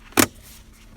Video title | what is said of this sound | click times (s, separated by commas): 🇬🇧 LANDROVER Discovery Sport HSE TD4 FLOPPY GEAR LEVER 2017- | you'll hear it all click back in nicely goes | 0.2 s